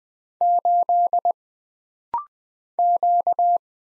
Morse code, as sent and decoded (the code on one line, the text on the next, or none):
---.. / --.-
8 Q